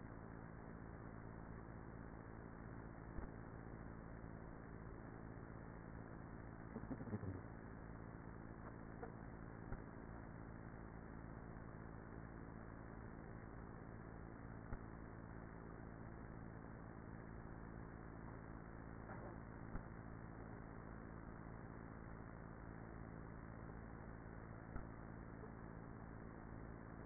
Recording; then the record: honeybee colony, microphone inside the hive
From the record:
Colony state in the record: queenless with a low population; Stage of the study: after two queens were removed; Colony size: about 30,000 bees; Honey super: no